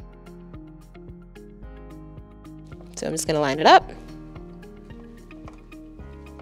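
A DDR4 memory module is lined up with its DIMM slot on the motherboard during a Lenovo Legion Tower 7i RAM upgrade, before being pressed in. Music plays throughout with faint short ticks, and someone talks briefly around 3.0–3.8 s. Nothing has seated or clicked yet.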